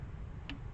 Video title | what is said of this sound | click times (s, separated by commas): 2008 Scion xb valve cover gasket replacement | there it is there's a little click you're looking for | 0.5 s